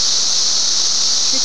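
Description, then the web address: Continuous high, hissing cicada drone holding level throughout, with a couple of soft low chirps near the end. Recorded in June 2004. "fleur cicadas"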